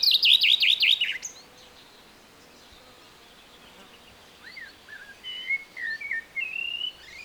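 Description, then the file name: Common chaffinch song phrase of quick, repeated descending notes for about a second, followed by quiet and then scattered soft whistles. "Fringilla coelebs"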